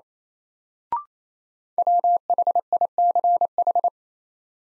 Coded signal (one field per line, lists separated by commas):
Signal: Morse code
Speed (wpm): 28 wpm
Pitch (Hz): 700 Hz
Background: none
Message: WHICH